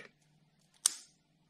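The locking clip on the plastic electrical connector of an ignition coil pack on a Seat Ibiza 1.0L TSI engine is pushed back so the plug can be lifted off. After a faint tick at 0.8 s, a sharp click at 0.9 s rings briefly over a steady low hum. The clip clicks open and the connector is released.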